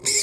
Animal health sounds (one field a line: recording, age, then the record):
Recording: pig call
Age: weaner (32 to 43 days)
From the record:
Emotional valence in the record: negative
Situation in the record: novel object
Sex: female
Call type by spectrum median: high-frequency call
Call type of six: high-frequency stable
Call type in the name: high-frequency stable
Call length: 0.23 s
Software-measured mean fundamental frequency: 430 Hz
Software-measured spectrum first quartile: 4115 Hz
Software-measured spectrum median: 6348 Hz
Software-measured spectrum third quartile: 7649 Hz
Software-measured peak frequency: 7348 Hz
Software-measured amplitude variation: 159 dB a second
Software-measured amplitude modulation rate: 11.0 a second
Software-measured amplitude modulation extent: 14.4 dB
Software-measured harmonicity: 2.6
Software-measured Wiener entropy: -2.70